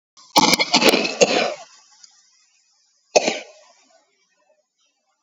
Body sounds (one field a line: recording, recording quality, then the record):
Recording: shallow voluntary cough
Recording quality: moderate, slight background noise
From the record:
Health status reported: COVID-19 positive, moderate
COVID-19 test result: positive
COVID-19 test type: RT-PCR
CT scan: taken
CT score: 12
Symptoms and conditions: cough, cold, breathing difficulty, fatigue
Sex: female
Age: 60 years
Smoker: no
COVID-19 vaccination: none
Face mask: worn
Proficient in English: yes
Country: India